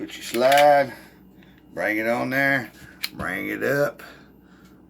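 Someone talks while handling a Glock pistol during reassembly, bringing the slide onto the frame without dry firing. Between the words there are faint handling noises and a brief sharp tick near 3.0 s. Nothing has seated or clicked yet; the clip ends just before the slide clicks home.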